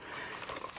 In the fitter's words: it locks into place giving you that re that uh lock in on the the holster itself but